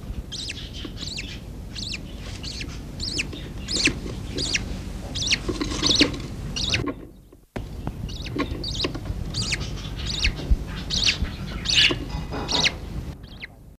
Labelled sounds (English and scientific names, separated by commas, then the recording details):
Budgerigar (Melopsittacus undulatus) call
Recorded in captivity
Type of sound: call
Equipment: Halbspur, 9,5 cm/s
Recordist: Lütgens, Hans
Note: Dreitägiger Wellensittig